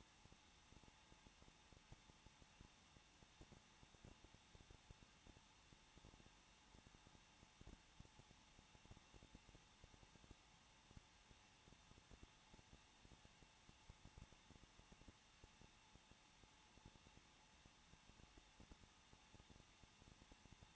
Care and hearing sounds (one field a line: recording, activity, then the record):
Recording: daily activity, microphone in the room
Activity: no activity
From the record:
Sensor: 1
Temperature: 20.1 degrees Celsius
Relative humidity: 39.4%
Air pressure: 1006.4 hPa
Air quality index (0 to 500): 219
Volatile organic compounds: 81 ppm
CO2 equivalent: 3619 ppm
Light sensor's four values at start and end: 1/2/1/1 and 1/2/1/1